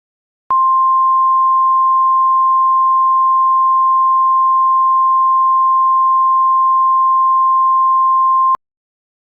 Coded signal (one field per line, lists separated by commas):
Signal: Emergency Alert System (SAME) tones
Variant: 1050 Hz attention tone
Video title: EAS Scenario #3: The Minecraft Disaster